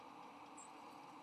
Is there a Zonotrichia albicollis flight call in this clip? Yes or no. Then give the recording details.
no. Another species' flight call is heard. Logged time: 10:08 on 3 November 2014